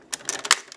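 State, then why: Seated. A plastic mecha toy vehicle is pushed into a socket hole in a combiner robot's body to form its left arm. Several short plastic clicks and rattles are heard, the loudest and sharpest at 0.5 s. The arm clicks and seats into place at 0.5 s.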